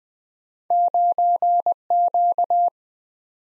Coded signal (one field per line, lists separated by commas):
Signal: Morse code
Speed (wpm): 21 wpm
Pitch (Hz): 700 Hz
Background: none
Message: 9Q